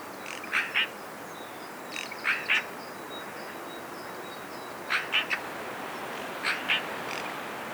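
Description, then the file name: Eurasian magpie calling in rasping clusters of two or three clipped notes, with gaps of about one to two and a half seconds between clusters, against a low hiss. "Pica pica"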